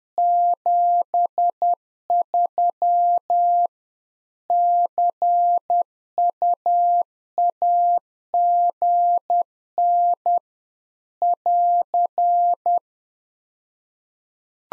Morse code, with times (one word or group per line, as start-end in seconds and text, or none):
0.2-3.7 73
4.5-10.4 CUAGN
11.2-12.8 <AR>